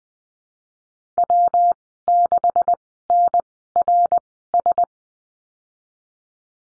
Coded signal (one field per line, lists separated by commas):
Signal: Morse code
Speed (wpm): 20 wpm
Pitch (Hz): 700 Hz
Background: none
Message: W6NRS